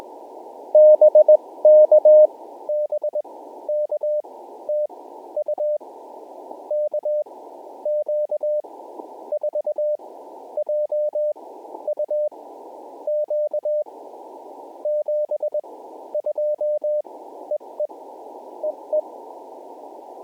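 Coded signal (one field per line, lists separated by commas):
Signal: Morse code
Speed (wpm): 21 wpm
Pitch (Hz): 600 Hz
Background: none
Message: BK BK TU KQ4JUQ 72 EE EE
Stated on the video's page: QRP CW park activation at a Georgia wildlife management area.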